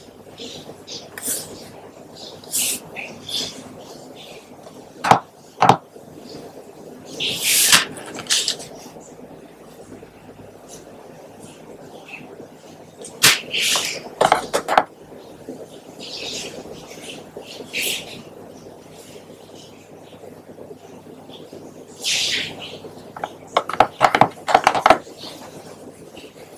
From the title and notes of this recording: Including pen writing, tapping, and clicking sounds.